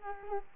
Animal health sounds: mosquito wingbeat signal from an infrared sensor; Culex quinquefasciatus

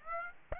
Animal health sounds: mosquito wingbeat signal from an infrared sensor; Aedes aegypti

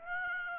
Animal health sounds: mosquito wingbeat signal from an infrared sensor; Aedes aegypti

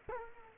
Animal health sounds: mosquito wingbeat signal from an infrared sensor; Culex quinquefasciatus

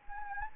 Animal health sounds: mosquito wingbeat signal from an infrared sensor; Anopheles gambiae

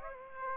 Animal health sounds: mosquito wingbeat signal from an infrared sensor; Aedes aegypti

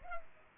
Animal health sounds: mosquito wingbeat signal from an infrared sensor; Culex pipiens

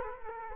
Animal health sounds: mosquito wingbeat signal from an infrared sensor; Culex quinquefasciatus

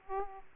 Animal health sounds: mosquito wingbeat signal from an infrared sensor; Aedes aegypti

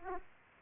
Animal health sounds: mosquito wingbeat signal from an infrared sensor; Aedes aegypti

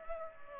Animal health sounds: mosquito wingbeat signal from an infrared sensor; Culex pipiens

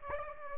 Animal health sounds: mosquito wingbeat signal from an infrared sensor; Aedes aegypti

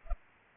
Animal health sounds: mosquito wingbeat signal from an infrared sensor; Culex pipiens

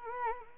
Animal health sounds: mosquito wingbeat signal from an infrared sensor; Anopheles gambiae

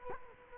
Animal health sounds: mosquito wingbeat signal from an infrared sensor; Culex quinquefasciatus

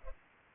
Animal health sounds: mosquito wingbeat signal from an infrared sensor; Culex pipiens

